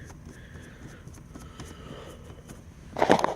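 A plastic cup holder piece for the center console of a 2003-2008 Mazda 6 is being handled and slid toward the console. The clip is quiet until a short burst of sharp plastic rattling and knocking near the end, from about 3.0 to 3.3 seconds. Nothing has seated or clicked into place yet.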